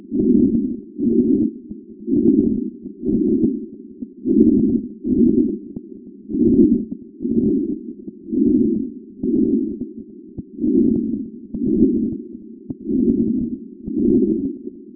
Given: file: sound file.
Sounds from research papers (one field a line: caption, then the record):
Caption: Lung sound recorded in a patient of Type IV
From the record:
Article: A two-stage amplified PZT sensor for monitoring lung and heart sounds in discharged pneumonia patients